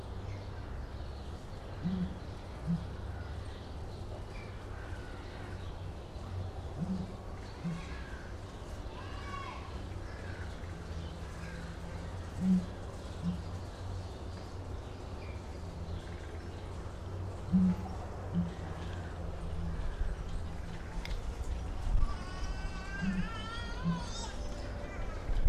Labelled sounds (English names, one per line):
Southern Ground Hornbill call